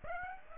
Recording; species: mosquito wingbeat signal from an infrared sensor; Aedes aegypti